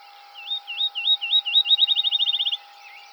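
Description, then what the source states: Field sparrow singing slurred whistled notes that speed up into a quick trill, followed by a faint short call. Recorded 7 July 2007.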